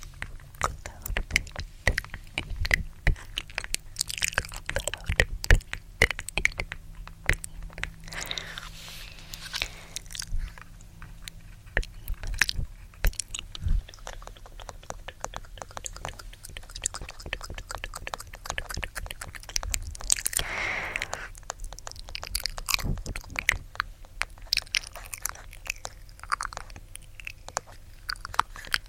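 Gentle tapping and mouth sounds run throughout as dense, irregular clicks, wet smacks and tk-tk noises that come in quick bursts with brief gaps. Soft breathy whispering rises between them, most noticeably around eight and twenty seconds, over a faint low hum.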